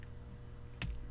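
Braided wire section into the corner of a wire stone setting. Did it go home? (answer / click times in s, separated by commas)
yes / 0.8 s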